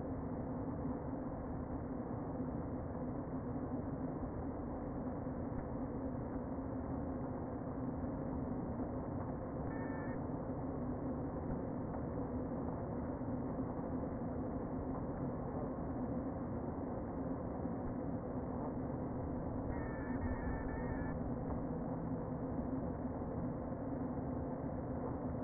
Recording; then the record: honeybee colony, microphone inside the hive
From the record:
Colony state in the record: queen present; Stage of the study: before two queens were removed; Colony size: about 60,000 bees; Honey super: yes